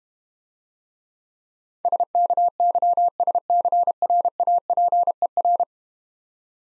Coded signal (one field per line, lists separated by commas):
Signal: Morse code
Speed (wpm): 31 wpm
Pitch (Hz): 700 Hz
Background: none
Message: SKYSCRAPER